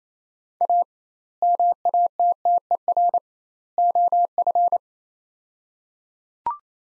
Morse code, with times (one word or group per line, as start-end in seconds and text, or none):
0.6-0.8 A
1.4-3.2 MATTER
3.8-4.8 OF